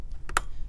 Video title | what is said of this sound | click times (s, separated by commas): Supermicro X10DRH-C, X10DRH-CT, X10DRH-CLN4 Server Motherboard Review - CSE-815 DDR4 Memory Install | um you need to hear these two clicks right here so listen to this tab pop in one | 0.4 s